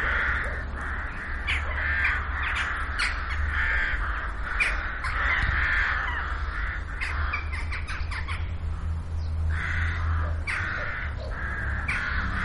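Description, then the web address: Crow calls, rough caws coming in irregular bursts, with a low droning hum underneath. Holophonic recording. "olofonia Craws"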